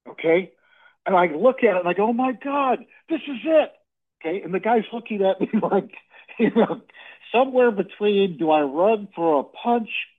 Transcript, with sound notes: and I look at it and I go, "Oh my God, this is it!" Okay? And the guy's looking at me (laughs) like, you know, somewhere between, "Do I run for a punch?